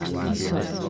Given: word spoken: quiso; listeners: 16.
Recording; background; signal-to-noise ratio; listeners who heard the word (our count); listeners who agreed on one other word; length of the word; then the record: one Spanish word in noise, from a listening test; eight-talker babble; -2.2 dB; 0 of 16; 6 of 16; 0.49 s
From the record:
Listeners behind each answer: 6, 5, 1, 1, 1, 1, 1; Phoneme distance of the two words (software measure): 17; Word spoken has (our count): 2 syllables, 4 phonemes, stress on syllable 1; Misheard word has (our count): 2 syllables, 5 phonemes, stress on syllable 1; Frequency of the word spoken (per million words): 65.99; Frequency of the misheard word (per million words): 16.94